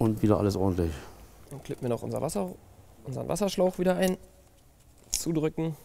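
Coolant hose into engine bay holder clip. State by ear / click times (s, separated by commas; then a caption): seated / 5.1 s. A coolant (water) hose on a Skoda Octavia, during an alternator replacement, is clipped back into its holder clip in the engine bay and pressed shut while someone talks. A sharp click at 5.1 s shows the hose snapping back into place, and it is confirmed seated.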